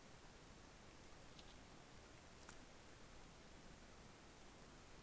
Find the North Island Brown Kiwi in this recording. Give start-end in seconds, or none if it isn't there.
none